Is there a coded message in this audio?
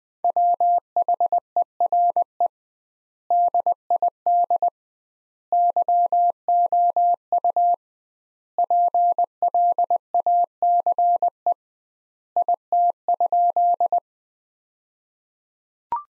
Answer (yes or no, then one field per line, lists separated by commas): yes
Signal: Morse code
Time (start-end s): 0.2-14.0 s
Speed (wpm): 21 wpm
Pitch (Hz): 700 Hz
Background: none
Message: WHERE DID YOU PLACE IT?